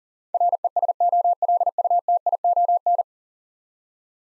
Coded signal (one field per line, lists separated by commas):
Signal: Morse code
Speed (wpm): 38 wpm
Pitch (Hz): 700 Hz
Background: none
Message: RESOLUTION